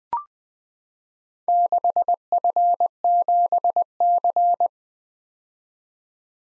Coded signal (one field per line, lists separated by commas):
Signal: Morse code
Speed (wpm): 21 wpm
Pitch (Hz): 700 Hz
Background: none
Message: 6F7C